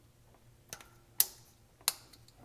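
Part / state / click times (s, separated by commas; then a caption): wideband sensor harness connector into its mating connector / seated / 1.2 s, 1.9 s. A keyed wideband air-fuel gauge sensor harness connector, lined up by its tab and side buttons in the mating tracks, is pushed home into its mating connector. Two sharp clicks are heard at 1.2 and 1.9 seconds, with a softer tick around 0.7 seconds, and the connector is seated.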